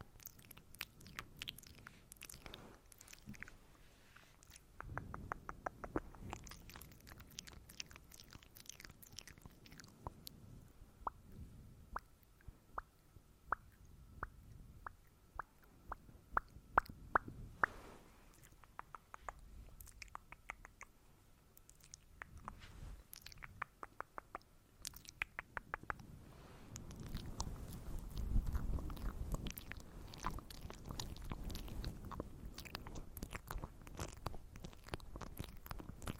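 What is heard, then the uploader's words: ASMR mouth sounds: wet clicks and smacks tapping out irregularly, with soft rustling swells around 5, 10 and 28 seconds. ASMR mouth sounds + hand movements.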